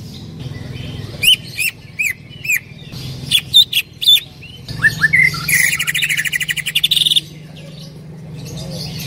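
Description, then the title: Greater green leafbird calls: sharp, bouncing chips near the start, then a loud, rapid rattling trill in the middle, with a low steady hum underneath. Female calling to a male, very vocal. "CUCAK IJO BETINA GACOR HIPER MEMANGGIL JANTAN"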